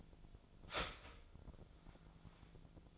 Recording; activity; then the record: daily activity, microphone in the room; start toaster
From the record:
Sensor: 5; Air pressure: 1009.4 hPa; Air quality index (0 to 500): 169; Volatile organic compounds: 4 ppm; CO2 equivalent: 1638 ppm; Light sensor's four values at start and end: 89/237/96/101 and 89/237/96/101